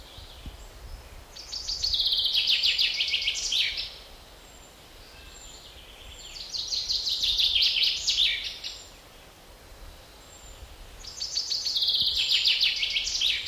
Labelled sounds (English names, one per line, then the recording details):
Common Chaffinch song
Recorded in the wild
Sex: male
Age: adult
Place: Mühlenbecker See, Brandenburg, DE
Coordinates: 52.7, 13.4
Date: 1988-07-10 12:08
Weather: overcast, 17-20°C, winds
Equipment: Sony WM-D6C, Kopie Tesla B 116
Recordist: Tembrock, Günter